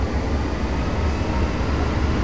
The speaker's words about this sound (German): Der Motor wird immer lauter. Der Pilot gibt ordentlich Gas. Aber die Bremsen lässt er trotzdem noch nicht los. Was da so laut heult, sind die Triebwerke. Die geben dem Flugzeug die nötige Kraft und müssen erst ganz hoch gefahren werden.